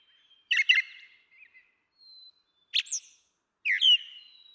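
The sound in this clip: Brown Thrasher song: a few spaced phrases of sharp chirps and slurred notes with a thin high whistle, separated by quiet gaps.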